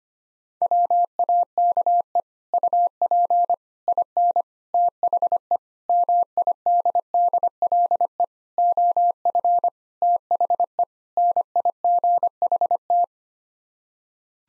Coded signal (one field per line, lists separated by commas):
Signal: Morse code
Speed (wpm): 25 wpm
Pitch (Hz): 700 Hz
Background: none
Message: WAKE UP IN THE MIDDLE OF THE NIGHT